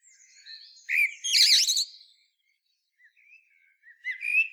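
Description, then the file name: Common blackbird song: a quiet warble rises into a loud burst of fluted and squeaky notes, then soft whistles follow after a short gap. "Turdus merula"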